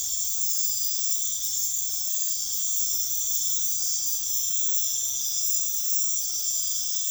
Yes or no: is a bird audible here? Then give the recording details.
no. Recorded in dense forest near Puerto Asís, Putumayo, Colombia, on 21 February 2024 at 01:30. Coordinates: 0.505, -76.324. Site G6467